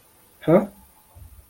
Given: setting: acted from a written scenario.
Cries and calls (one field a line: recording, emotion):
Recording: vocal sound without words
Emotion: confusion